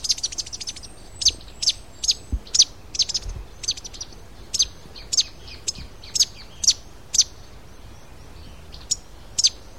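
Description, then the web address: Fruiteater singing a quick burst of high piercing notes, then spaced thin notes at uneven intervals. "cantos fruteyungue"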